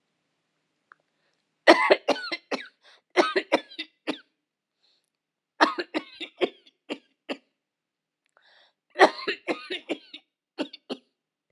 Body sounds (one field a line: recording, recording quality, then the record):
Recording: heavy voluntary cough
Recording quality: excellent, no background noise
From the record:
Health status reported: healthy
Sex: female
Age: 52 years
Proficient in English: yes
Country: India